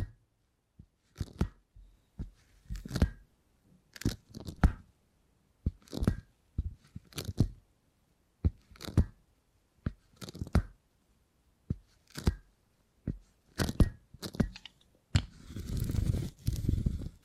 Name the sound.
Brain Tingly Sounds Using Beeswax